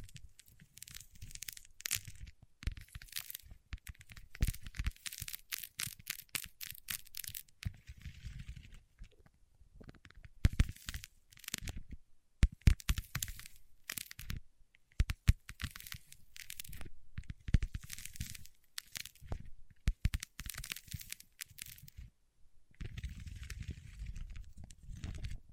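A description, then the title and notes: Wax fingertips rub and press, giving a dense run of crackling, crinkling and tearing sounds that come in bursts with short quiet gaps. Bright snaps and sharp cracks stand out, especially around the middle, over a low rumbling rub that swells near the end. ASMR with Wax Fingertips for Sleep (No Talking).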